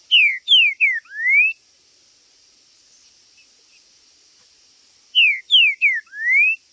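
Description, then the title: Green-winged saltator song: three quick descending whistled slurs and a long rising whistle, the phrase repeated after a few seconds of quiet, over a steady high hiss. Trinca-ferro chirping, singing and territorial calling (macheando) in a contest; video meant to stir up a listener's own trinca-ferro. "Seu TRINCA Piando, Cantando E Macheando Na DISPUTA. TRINCA FERRO Cantando e MACHEANDO!!"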